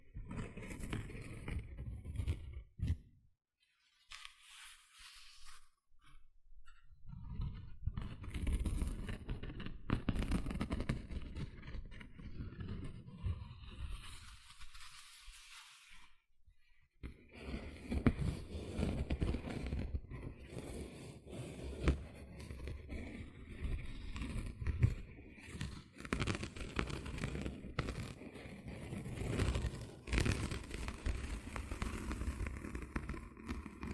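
Gentle scratching, a dense, rough rustling weighted toward the low end with a soft hiss above. It starts and stops: brief near-silences fall around 3 to 6 seconds and again near 16 seconds, then the scratching runs steadily to the end.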